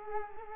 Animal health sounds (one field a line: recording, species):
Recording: mosquito wingbeat signal from an infrared sensor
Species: Culex quinquefasciatus